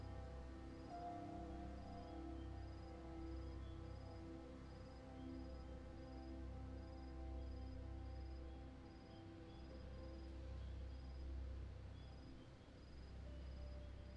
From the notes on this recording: A spooky fairground on a midsummer's evening.